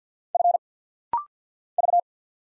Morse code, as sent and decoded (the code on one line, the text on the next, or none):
..-. / ...-
F V